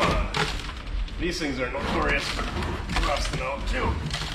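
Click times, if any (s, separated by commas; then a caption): none. Someone handles the old steel tailgate hatch on a 1957 Chevrolet station wagon, which has sat abandoned for 54 years, while someone talks, and low thumps and knocks are heard throughout. The latch has not yet seated or clicked by the end of the clip.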